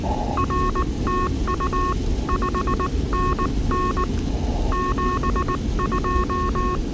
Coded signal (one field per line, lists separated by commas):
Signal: Morse code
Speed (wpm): 19 wpm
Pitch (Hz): 1090 Hz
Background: none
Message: R TU 5NN 72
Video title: From Hamvention to the Hoosier State: A POTA Excursion with friends through Indiana's Past!